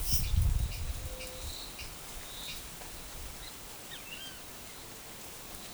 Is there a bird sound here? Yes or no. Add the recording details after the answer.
yes. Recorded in forest near Pivijay, Magdalena, Colombia, on 17 April 2023 at 11:30. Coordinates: 10.467, -74.380. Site Z5-G034